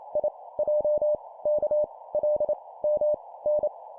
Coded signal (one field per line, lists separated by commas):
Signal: Morse code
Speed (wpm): 28 wpm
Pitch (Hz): 600 Hz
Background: none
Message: I J K L M N